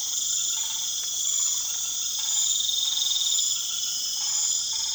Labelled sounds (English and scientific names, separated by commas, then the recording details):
none
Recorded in pastures near Puerto Asís, Putumayo, Colombia, on 4 March 2025 at 20:30
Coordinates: 0.487, -76.322
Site G077